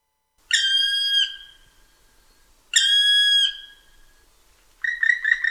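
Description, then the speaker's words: Black Woodpecker giving two long, drawn-out, ringing whistled calls about two seconds apart, followed by the start of a rapid, rolling series of shorter notes. Heard in a beech forest in autumn mist; makes many nest holes that bats, owls and other species use. "Alors, on écoute notre ami le pic noir."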